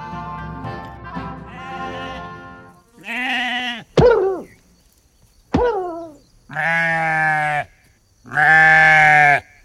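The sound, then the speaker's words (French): A sheep being spanked bleats repeatedly, with a jumble of overlapping cries at first, then about five loud, wavering calls separated by short pauses, some sharp and quick, the last ones long and sustained. “Ça y est, nous avons fessé le mouton.”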